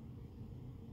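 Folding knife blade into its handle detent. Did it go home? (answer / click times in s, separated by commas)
no / none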